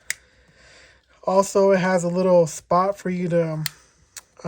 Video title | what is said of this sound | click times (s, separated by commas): Best utility knife for work. Big Idea Design, Milwaukee, Husky, Gerber | of like a semi lock it's not fully locked but semi-locked if you you know want to use it really quickly | 0.1 s